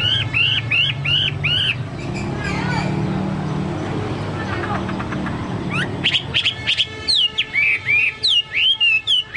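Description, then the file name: Chinese hwamei song: repeated rich whistled looping phrases, a quieter noisy middle stretch, then a fresh series of loud slurred whistles; steady low hum behind. "hwamei-2-omkicau"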